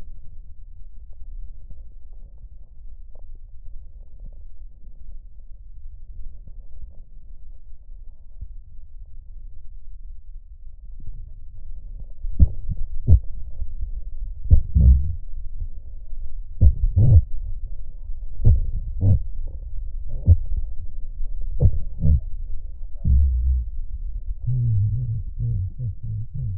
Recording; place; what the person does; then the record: lung sounds by stethoscope; left posterior apical chest; quiet breathing, then cough and speech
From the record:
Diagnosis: pulmonary infection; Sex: male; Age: 69 years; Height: 184 cm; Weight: 115 kg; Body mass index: 34.0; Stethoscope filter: extended mode